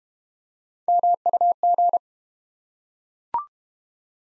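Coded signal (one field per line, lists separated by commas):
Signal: Morse code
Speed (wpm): 32 wpm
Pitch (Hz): 700 Hz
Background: none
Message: MUG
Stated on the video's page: Morse practice set of easy words at 25 wpm with contextual hints.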